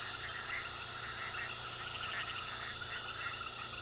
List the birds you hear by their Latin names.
none